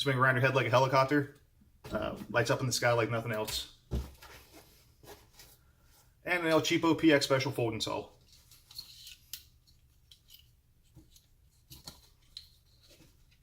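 Someone talks, then handles a cheap PX Special folding saw, swinging its metal blade out of the handle toward the handle lock, with scattered sharp ticks and faint scraping. The clip ends before the blade locks into place, so nothing has seated or clicked yet.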